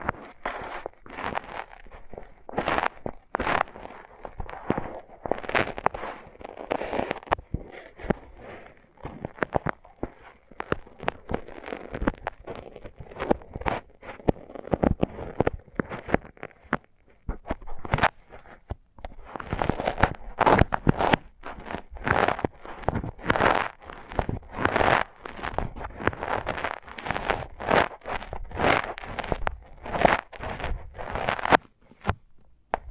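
Tingly sounds from mics covered with tape: a dense run of crinkly taps, scratches and rubs. The clicks come quick and irregular, thinning a little in the middle, then growing busier and louder from about twenty seconds to the end.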